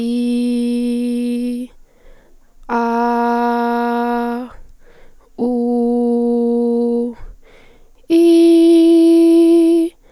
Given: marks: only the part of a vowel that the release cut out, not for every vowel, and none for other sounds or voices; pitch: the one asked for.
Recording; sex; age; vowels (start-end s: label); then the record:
sustained vowels; female; 18 to 19 years
0.00-1.53 s: vowel /i/, normal pitch
2.80-4.31 s: vowel /a/, normal pitch
5.50-6.95 s: vowel /u/, normal pitch
8.22-9.74 s: vowel /i/, high pitch
From the record:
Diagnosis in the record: healthy voice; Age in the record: 18 years